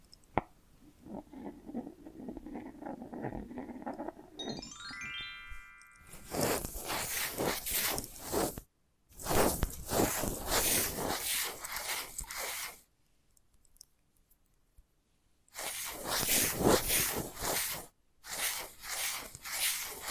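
Invisible tapping, scratching and tracing: soft low rubbing and light taps open the clip, then a quick rising whistle-like sweep near five seconds. After that come long bursts of harsh, bright scratching, broken by sudden full silences around 8.5, 13 and 18 seconds.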